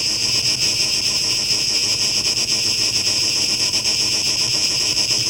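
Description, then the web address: Cicada song as a dense, steady high buzz with a sharp, bright band, unbroken and pulsing slightly throughout, with a hissy processed texture. Cicadas, tape mix and tape echo mix, 17 August 2023. "rauschpartikel 2023-08-17 Zikaden"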